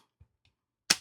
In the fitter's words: and there, very satisfying snap.